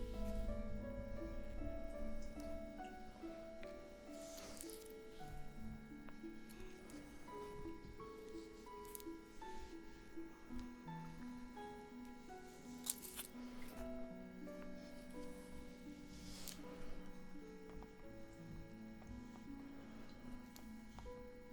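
Soft, steady spa music with slow sustained notes plays, while brief oily rubbing and squishing sounds surface every few seconds.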